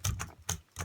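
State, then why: Not seated. The rifle's own plastic HFC magazine is pushed up into the magazine well of an HFC VSR-11 airsoft bolt-action rifle, making four short, sharp plastic knocks at about 0.1, 0.2, 0.5 and 0.8 seconds. The magazine has not clicked into place; it will not latch however hard it is pushed, because of a misalignment with the hop-up unit.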